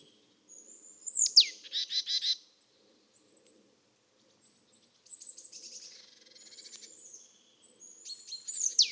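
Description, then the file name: Marsh Tit calls: a sharp, steeply falling high note followed by a quick buzzy run, then thinner high chatter and a second falling note at the end. "Poecile palustris"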